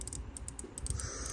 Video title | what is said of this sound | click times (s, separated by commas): Lancer Tactical Cthulhu CNC Hop up install. (Full video) @LancerTacticalTV #airsoft | Now you'll hear the click. | 0.0 s, 0.5 s, 0.8 s, 0.9 s